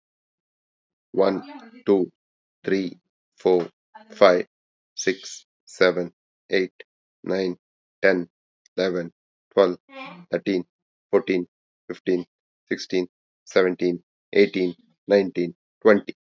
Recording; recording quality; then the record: counting at a normal pace; excellent, no background noise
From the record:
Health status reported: healthy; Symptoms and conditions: none ticked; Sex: male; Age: 44 years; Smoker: not ticked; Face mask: not worn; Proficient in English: yes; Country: India